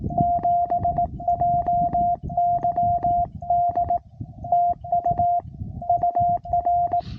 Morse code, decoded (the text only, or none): 7JYD TU UR